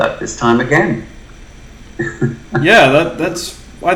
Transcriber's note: laughs